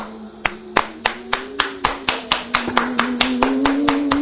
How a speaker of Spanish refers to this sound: Un aplauso. Fantástico. Fantástico.